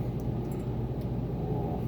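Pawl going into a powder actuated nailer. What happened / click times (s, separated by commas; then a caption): The pawl was handled and positioned without a seating click / none. A pawl is picked up and positioned before being pushed in and slid forward into place in a Ramset Cobra+ powder-actuated nailer. A steady low rumble fills the clip, with a few faint, brief high ticks around 0.2, 0.5 and 1.0 seconds. Nothing has seated or clicked yet.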